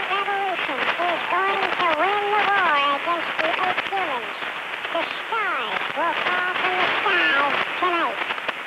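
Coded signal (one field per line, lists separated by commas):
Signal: numbers station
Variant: WBNY (Commander Bunny)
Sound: distorted, band-limited voice speaking steadily through heavy shortwave static hiss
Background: radio static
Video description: Pirate radio "number station" WBNY, transmitting on 6950 kHz AM. "Transmissions consist of a somewhat distorted voice reading off a series of numbers.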